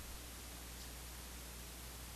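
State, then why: Not seated. A steel shift fork/selector on a selector rail in the gearbox top cover of a Triumph GT6 is being rotated into the correct orientation during a top cover rebuild. Only a steady broadband hiss with a low hum is heard, with no distinct impacts. Nothing has seated or clicked yet.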